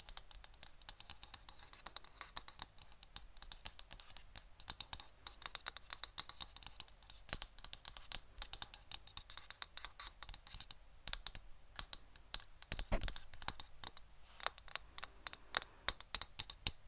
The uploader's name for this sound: ASMR Best Tapping